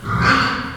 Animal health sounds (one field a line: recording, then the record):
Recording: squeal of a Yucatan mini pig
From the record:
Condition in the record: after surgery on the right vocal fold (resection and tissue-engineered implant)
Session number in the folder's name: 15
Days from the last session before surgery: 175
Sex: female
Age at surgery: 19 weeks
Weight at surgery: 25 kg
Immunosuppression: prednisolone